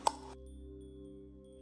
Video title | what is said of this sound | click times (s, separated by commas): 1 Year Since Rebuild - Mercedes V12 Service & Inspection (W221 S600) | so it just sort of clicks back into place um like this | 0.1 s